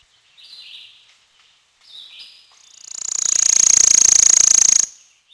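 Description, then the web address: Worm-eating warbler song with a few soft high notes, then a loud, very high, dry buzzy trill of rapid even pulses lasting about two seconds. "Peterson North American Birds. wewa"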